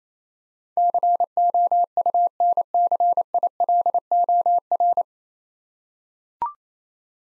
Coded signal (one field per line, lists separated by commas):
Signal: Morse code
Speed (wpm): 28 wpm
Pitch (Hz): 700 Hz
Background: none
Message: COUNCILOR